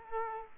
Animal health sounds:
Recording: mosquito wingbeat signal from an infrared sensor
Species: Culex quinquefasciatus

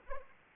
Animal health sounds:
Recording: mosquito wingbeat signal from an infrared sensor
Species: Anopheles arabiensis

